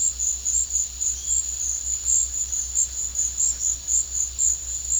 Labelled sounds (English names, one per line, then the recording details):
none
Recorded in pastures near Puerto Asís, Putumayo, Colombia, on 8 March 2025 at 15:00
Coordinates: 0.502, -76.324
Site GP07